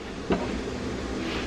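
A wooden fridge drawer is set into its drawer slides and lined up in the track before being pushed back, with a soft thud of contact at about 0.3 s followed by low, steady handling rumble. Nothing has seated or clicked yet.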